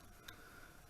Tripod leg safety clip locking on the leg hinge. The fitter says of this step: pour le déplier il suffit tout simplement de le sortir dans l'autre sens on entendait des clips de sécurité